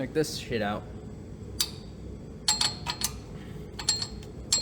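On an S13 Silvia getting its wheels back on after a 5-lug conversion and big brake kit, a lug nut is tightened on a steel wheel stud while someone talks at the start. Sharp metallic ticking hits come at about 1.6, 2.5, 2.6, 3.0, 3.9 and 4.5 seconds, and nothing has seated or clicked yet. The stud strips out of the hub.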